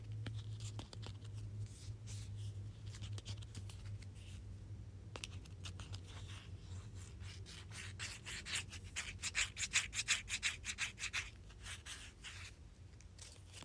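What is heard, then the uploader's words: Sticky notes are flipped and tapped in quick papery strokes over a steady low hum, growing denser and louder around seconds eight to eleven. Flipping and tapping sticky notes.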